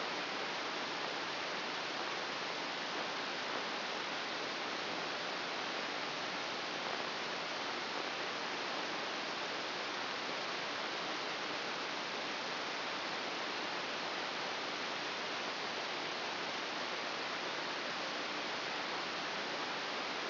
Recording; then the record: brain microelectrode recording played as sound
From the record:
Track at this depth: inside the subthalamic nucleus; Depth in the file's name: 4.539 mm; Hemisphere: right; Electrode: 2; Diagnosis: Parkinson's disease